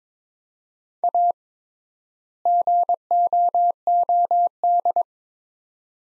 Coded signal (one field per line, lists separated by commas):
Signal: Morse code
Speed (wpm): 22 wpm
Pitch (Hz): 700 Hz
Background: none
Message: A GOOD